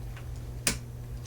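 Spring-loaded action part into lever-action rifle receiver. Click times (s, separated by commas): 0.7 s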